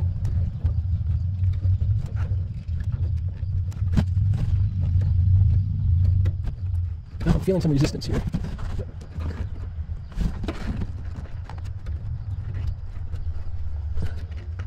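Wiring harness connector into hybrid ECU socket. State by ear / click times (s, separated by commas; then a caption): not seated / none. A wiring harness connector for the hybrid control ECU of a Gen 2 Toyota Prius is pushed slowly into its socket along the plastic guide tabs and meets some resistance, with small handling taps over a steady low hum while someone talks. Nothing has seated or clicked yet.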